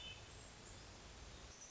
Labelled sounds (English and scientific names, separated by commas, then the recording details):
Hermit Thrush (Catharus guttatus)
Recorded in Sonoma County, California